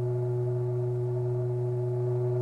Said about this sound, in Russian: Слышите? Гудок!